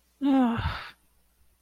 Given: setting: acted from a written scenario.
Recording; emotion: vocal sound without words; shame